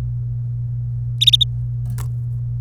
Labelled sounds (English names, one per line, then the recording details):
Domestic Canary song
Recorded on 24 April 2018 at 16:19
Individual llb3